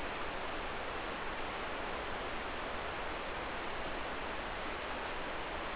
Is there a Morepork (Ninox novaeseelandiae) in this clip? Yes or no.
no